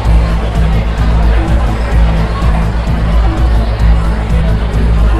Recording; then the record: background sound without coughing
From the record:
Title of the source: Party Noise 1 Hour Party Ambience